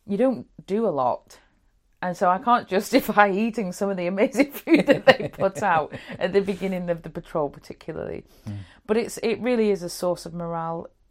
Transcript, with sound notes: you don’t do a lot and so I can’t justify eating some of the amazing food (laughs) that they put out at the beginning of the Patrol particularly but it really is a source of morale,